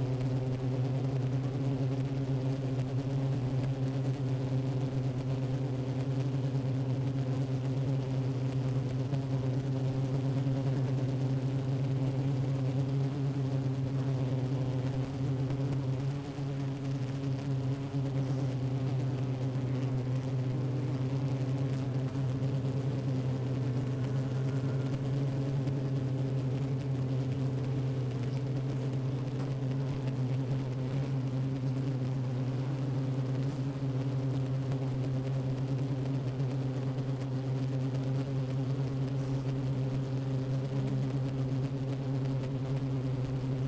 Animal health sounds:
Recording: honeybee colony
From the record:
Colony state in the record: active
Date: 28 July 2017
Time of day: 11:23

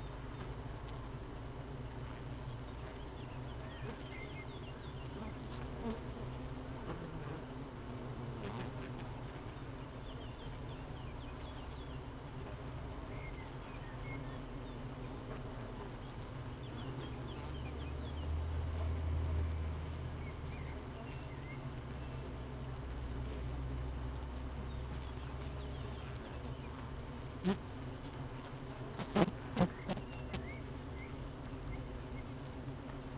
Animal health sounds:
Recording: honeybee colony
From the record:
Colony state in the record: missing queen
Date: 31 May 2018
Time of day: 8:10

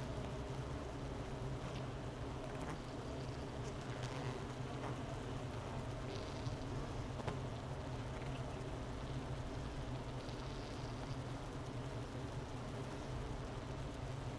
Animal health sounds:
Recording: honeybee colony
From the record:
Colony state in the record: missing queen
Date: 31 May 2018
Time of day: 11:34

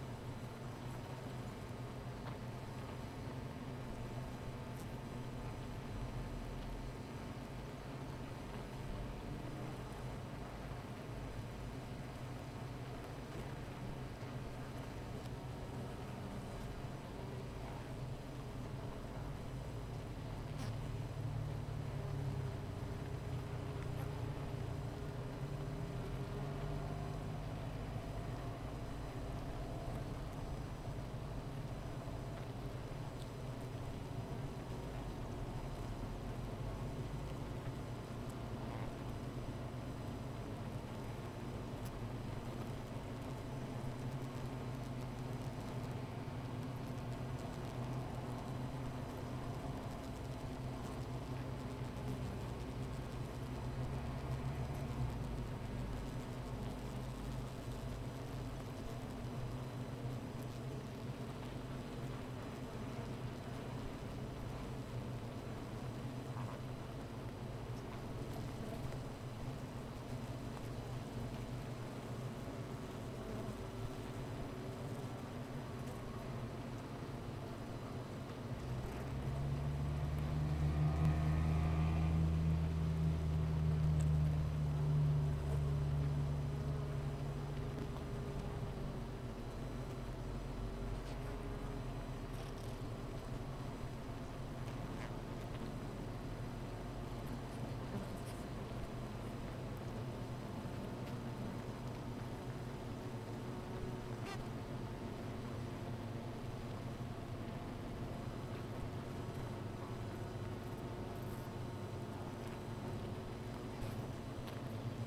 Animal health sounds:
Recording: honeybee colony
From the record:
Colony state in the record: missing queen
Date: 14 July 2017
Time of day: 13:52

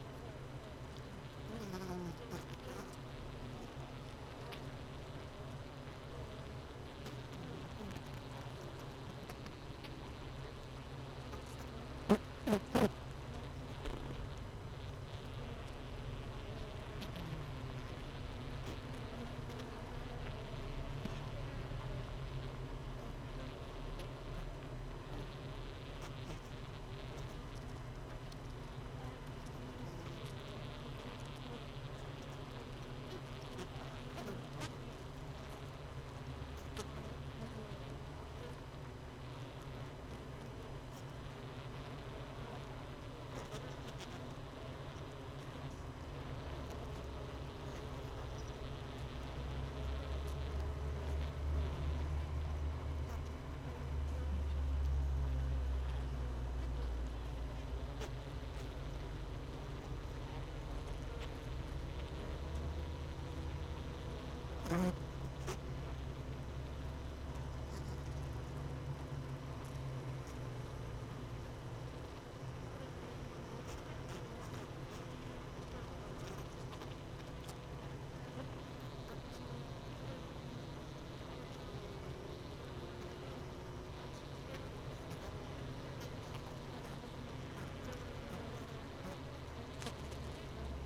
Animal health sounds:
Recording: honeybee colony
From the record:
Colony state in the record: missing queen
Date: 31 May 2018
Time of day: 17:05

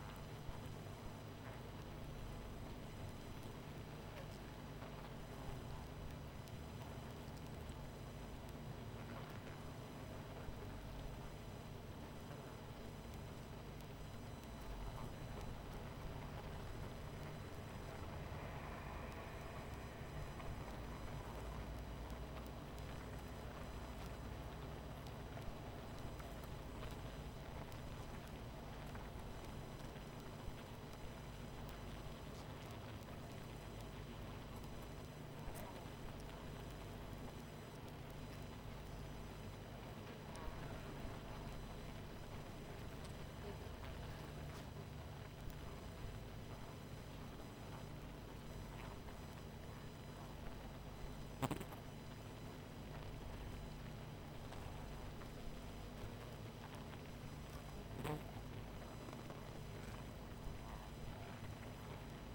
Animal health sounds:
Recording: honeybee colony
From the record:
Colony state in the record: missing queen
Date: 14 July 2017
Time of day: 22:36

